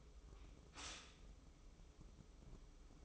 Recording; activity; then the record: daily activity, microphone in the room; stop toaster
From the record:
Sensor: 1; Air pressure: 995.3 hPa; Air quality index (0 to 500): 25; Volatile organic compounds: 0 ppm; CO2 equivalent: 500 ppm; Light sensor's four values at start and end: 18/59/21/23 and 18/59/21/23